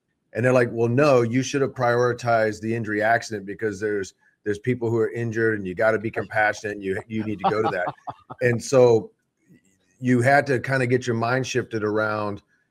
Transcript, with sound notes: And they're like, "Well, no.
You should've prioritized the injury accident because there's, there's people who are injured and you gotta be compassionate and you, you need to go to that."
(laughs)
And so, you had to kind of get your mind shifted around.